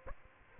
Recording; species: mosquito wingbeat signal from an infrared sensor; Aedes aegypti